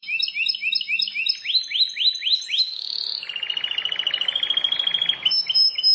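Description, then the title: Prinia song: repeated short chirps lead into upslurred notes, then a long buzzy rattle, and ends with sharp high notes. "Ciblek Sawah"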